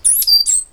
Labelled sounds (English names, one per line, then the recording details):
Stitchbird song
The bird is a male
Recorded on Tiritiri Matangi Island, New Zealand, in 2005
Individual 8, of nest box 10